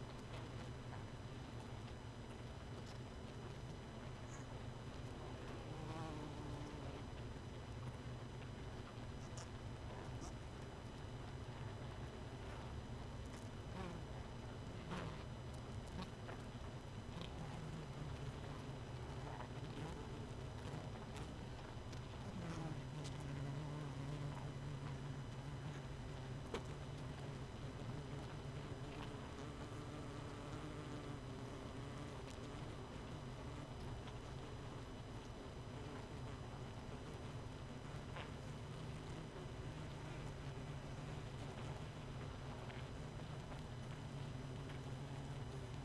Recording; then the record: honeybee colony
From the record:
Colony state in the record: missing queen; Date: 31 May 2018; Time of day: 1:40